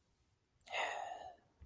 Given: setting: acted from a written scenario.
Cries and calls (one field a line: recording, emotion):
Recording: vocal sound without words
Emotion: elation